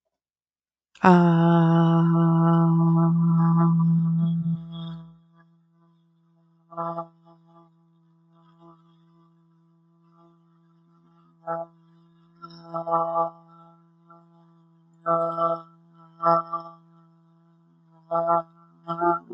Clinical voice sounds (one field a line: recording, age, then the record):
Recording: vowel held as long as possible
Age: 30 to 39 years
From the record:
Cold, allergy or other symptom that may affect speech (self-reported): no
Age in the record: 32 years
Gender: other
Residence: Kansas, United States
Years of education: 15